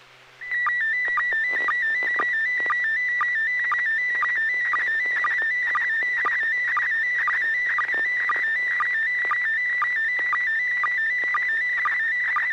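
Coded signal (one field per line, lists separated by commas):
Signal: SSTV (slow-scan television)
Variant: PD 120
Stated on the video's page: Weekly amateur SSTV net on a 441.300 MHz FM repeater, images exchanged using MMSSTV software.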